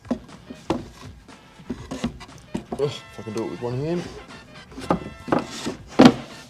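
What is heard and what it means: Someone talks while pushing the lid of a built battery box for a Full River battery bank down one-handed, so its notched base locks into place, in a Mercedes Vito van fitted with a Projecta solar setup. Scattered wooden-sounding knocks and thunks are heard. The lid seats with a sharp, loud click at 6.1 s.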